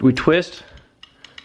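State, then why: Seated. Someone talks as the locking collar on the telescoping handle of an Olsa Tools 1/2-inch drive 16"-24" extendable steel breaker bar is twisted to lock the handle. Sharp clicks follow at 1.0, 1.3 and 1.4 seconds as the collar locks into place.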